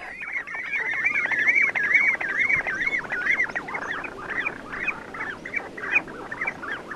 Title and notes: Tylli. Juha Laaksonen